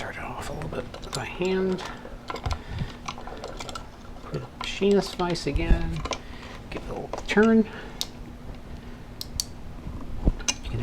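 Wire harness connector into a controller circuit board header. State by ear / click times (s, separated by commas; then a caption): seated / 9.4 s, 10.5 s. During a controller build, a small plastic wire harness connector is turned slightly and pushed into its header on a controller circuit board while someone talks. Sharp clicks are heard at 9.4 s and 10.5 s as the connector clicks in and seats.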